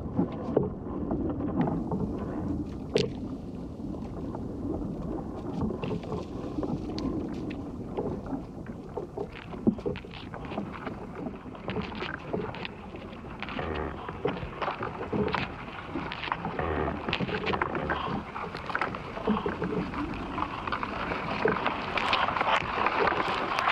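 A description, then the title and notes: Sounds from inside ash trees: a dense bed of low rumbling and creaking, with sharp clicks and ticks scattered throughout. The clicks grow thicker and brighter in the second half, becoming a busy, crackling patter near the end. The interior sound world of ash trees, Fraxinus excelsior .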